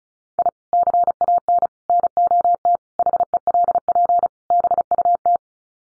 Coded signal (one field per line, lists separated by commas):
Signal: Morse code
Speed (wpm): 34 wpm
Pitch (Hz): 700 Hz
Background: none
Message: I CAN NOT HELP BUT